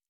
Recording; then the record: hydrophone in a shrimp aquaculture tank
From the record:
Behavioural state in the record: normal